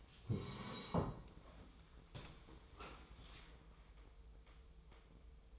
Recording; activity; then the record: daily activity, microphone in the room; sit down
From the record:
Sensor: 1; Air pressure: 1005.4 hPa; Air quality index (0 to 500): 124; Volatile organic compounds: 5 ppm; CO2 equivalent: 1728 ppm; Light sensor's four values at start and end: 11/26/10/11 and 11/27/11/12